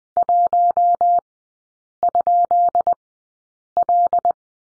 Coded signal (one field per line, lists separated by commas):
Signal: Morse code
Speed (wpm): 20 wpm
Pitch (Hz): 700 Hz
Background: none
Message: 1?L